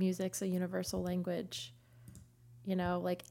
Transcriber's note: none